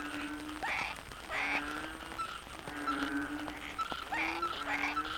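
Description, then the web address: Frog chorus with low sustained tones and repeated bursts of higher notes. Frogs in the Cherating wetlands, Malaysia; a wetland soundscape. "yamaha frogs cherating wetlands. soundscape malaysia"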